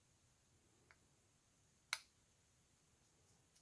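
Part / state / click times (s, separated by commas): screw finding its thread in an airgun receiver / seated / 1.9 s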